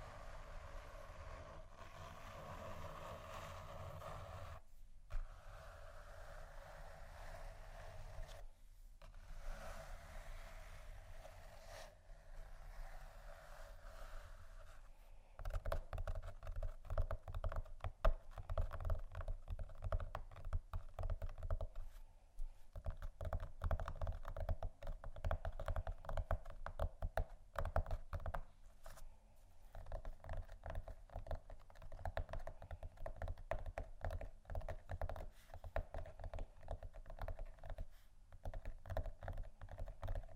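Scratching and tapping on textured surfaces, beginning as a softer, smoother scraping for about the first fifteen seconds with a few brief pauses. After that it turns into dense, rapid, uneven clicking and scratching that sounds like typing, over a steady low hum.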